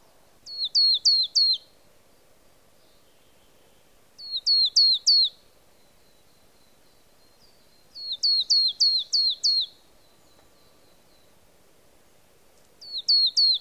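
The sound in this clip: Marsh tit repeating brisk runs of high, falling notes, four to six per burst, with bursts roughly every four seconds and near silence between.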